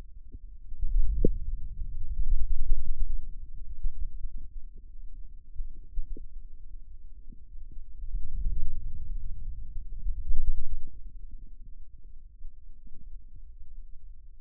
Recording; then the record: forearm muscle sounds (acoustic myography)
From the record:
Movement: ulnar deviation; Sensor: system 2, bracelet of six BSWA MPA416 microphones around the upper forearm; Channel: 3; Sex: male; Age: 22 years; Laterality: right